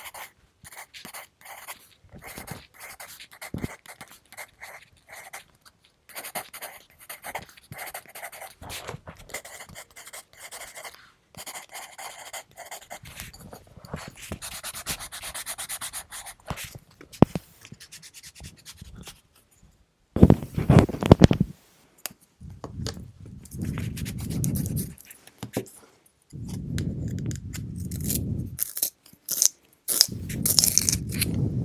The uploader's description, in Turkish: Kurşun kalem, kalemtıraş, silgi, sayfa, kahve içme